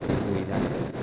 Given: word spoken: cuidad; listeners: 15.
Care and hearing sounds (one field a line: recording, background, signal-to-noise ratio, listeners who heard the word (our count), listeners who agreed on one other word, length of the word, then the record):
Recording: one Spanish word in noise, from a listening test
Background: noise modulated by three-talker babble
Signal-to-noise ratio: -5.4 dB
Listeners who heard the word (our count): 0 of 15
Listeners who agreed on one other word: 8 of 15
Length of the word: 0.63 s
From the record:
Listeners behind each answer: 8, 4, 2, 1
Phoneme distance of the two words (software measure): 17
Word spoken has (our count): 2 syllables, 6 phonemes, stress on syllable 2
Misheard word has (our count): 3 syllables, 7 phonemes, stress on syllable 2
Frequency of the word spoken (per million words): 0.30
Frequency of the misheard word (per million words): 66.13